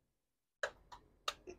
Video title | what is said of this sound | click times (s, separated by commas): 6kw Growatt now starts 3 1/2 ton AC added a soft start to reduce inrush amps from 75 amps to 24 amps | and it should be able just there we go snap in place | 0.6 s, 1.3 s